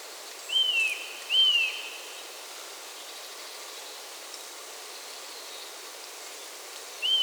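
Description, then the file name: Eurasian nuthatch call notes: two sharp, down-slurred whistles close together, a long pause, then one more, over constant background hiss. "Sitta europaea"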